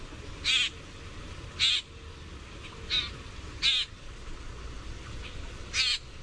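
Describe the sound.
Common grackle giving short, harsh, rasping chack notes, several at uneven intervals, over a low steady background hum.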